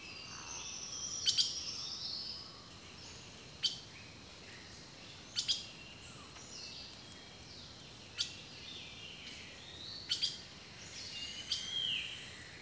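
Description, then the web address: Bird chorus: sharp, high chips repeat at uneven intervals, overlaid by softer chirping and whistles from other birds. Birdsong recorded in a rainforest, from a nature sounds collection. "The Natural Sounds of the Wilderness 10 CDs collection Echoes of Nature - Rainforest Birdsong"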